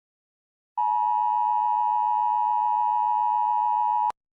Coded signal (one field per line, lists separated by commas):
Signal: Emergency Alert System (SAME) tones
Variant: 853 and 960 Hz attention tone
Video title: EAS Scenario #42: The Cenobite Rampage.